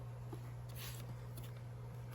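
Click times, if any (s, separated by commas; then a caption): 0.3 s, 1.4 s. An airbox cover on a BMW S1000RR motorcycle, fitted over an upgraded air filter, is pushed down by hand until its small plastic latches click into place. Two short clicks land at about 0.3 s and 1.4 s over a steady low hum, and the cover is seated.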